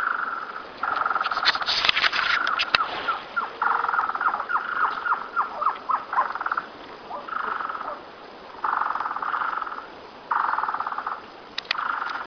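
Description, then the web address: Trogon song in repeated rapid note bursts, mixed with sharp higher chips and twittering from other birds early on, then clearer pulsed bursts with short pauses. "cantos surucua"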